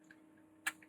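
On a Logitech G703 LIGHTSPEED Wireless Gaming Mouse circuit board, during an encoder scroll wheel replacement, the latch on the flex ribbon cable connector is pushed again after the first try failed to catch. Faint ticks and a steady low hum lead to a sharp, small click at 0.7 s, followed by a softer tick. The latch closes and the ribbon cable is seated.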